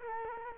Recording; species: mosquito wingbeat signal from an infrared sensor; Culex quinquefasciatus